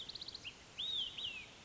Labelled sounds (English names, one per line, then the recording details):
Olive-sided Flycatcher
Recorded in Sonoma County, California